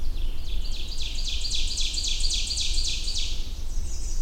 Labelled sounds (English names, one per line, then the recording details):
Ovenbird song
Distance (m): 20 m
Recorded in boreal forest in Alberta, Canada, on 21 June 2016 at 08:39
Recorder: SongMeter 3, array SBT-6-81
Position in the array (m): 62 m, 130 m
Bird 23